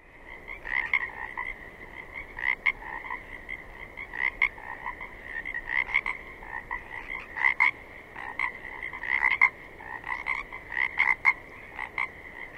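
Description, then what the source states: Pacific chorus frogs in dense chorus, clusters of harsh croaks from overlapping frogs, steady high trill continuing underneath. Several Pacific chorus frogs recorded 27 May 2006 at 21:20.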